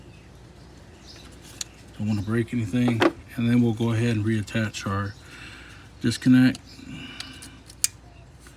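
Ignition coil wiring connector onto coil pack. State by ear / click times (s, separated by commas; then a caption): seated / 7.8 s. The ignition coil's electrical connector is pushed back onto the coil pack on a 2007–2019 Toyota Tundra or Sequoia engine after the spark plug is installed. Someone talks, then one sharp click at 7.8 s shows the connector seating onto the coil.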